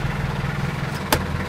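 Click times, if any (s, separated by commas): none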